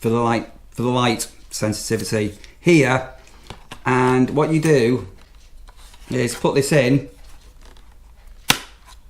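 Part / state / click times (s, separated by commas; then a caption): mount bracket into back of portable car display / seated / 8.5 s. Someone talks, then a dashboard mount bracket is pushed into the back of a Carpuride 901 Pro portable CarPlay screen. A single sharp click at 8.5 s marks the mount seating onto the screen unit, holding rock solid once on.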